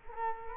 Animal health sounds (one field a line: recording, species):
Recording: mosquito wingbeat signal from an infrared sensor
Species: Culex quinquefasciatus